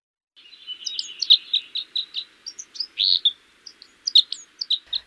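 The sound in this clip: Crossbill calls, a rapid series of sharp chip notes repeated several times a second, with a few higher whistled notes mixed in.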